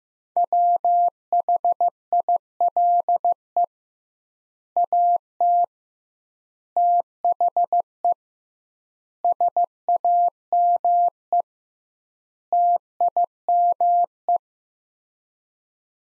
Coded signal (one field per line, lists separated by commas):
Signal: Morse code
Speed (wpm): 15 wpm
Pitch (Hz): 700 Hz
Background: none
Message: WHILE AT THE SAME TIME